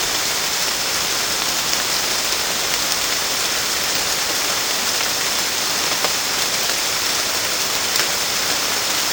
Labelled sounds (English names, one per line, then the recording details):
none
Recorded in pastures near Puerto Asís, Putumayo, Colombia, on 30 June 2025 at 15:00
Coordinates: 0.496, -76.326
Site GP01